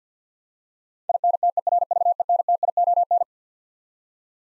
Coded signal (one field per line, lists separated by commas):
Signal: Morse code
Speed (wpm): 50 wpm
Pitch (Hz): 700 Hz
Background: none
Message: INTERVENTION